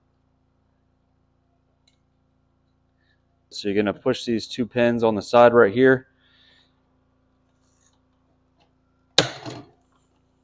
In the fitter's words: Get a nice little click.